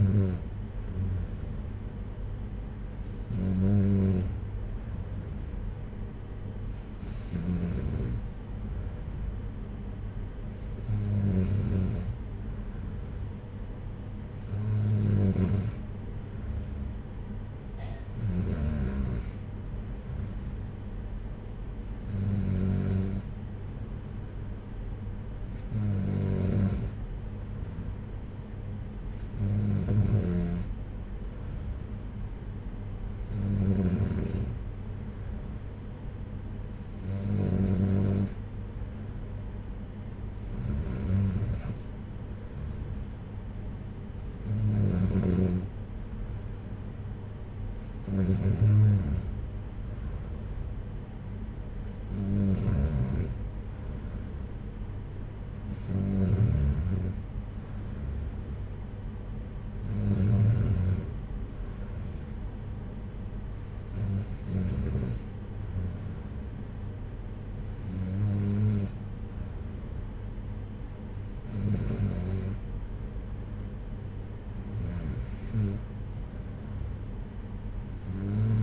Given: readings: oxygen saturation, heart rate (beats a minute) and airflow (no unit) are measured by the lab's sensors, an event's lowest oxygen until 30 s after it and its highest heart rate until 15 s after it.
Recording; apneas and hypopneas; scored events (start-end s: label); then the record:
breathing in sleep by a smartphone at the bedside; none
none scored
From the record:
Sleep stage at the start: N3 (deep sleep); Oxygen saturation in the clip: 93 to 94%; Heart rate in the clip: 57 to 65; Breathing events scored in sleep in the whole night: 226 in 8.8 hours asleep